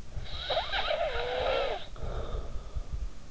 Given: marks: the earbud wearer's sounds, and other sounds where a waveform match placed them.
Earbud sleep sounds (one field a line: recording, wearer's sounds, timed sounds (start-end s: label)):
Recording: sounds in sleep by an in-ear microphone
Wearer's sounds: snoring breath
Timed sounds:
0.03-3.15 s: snoring breath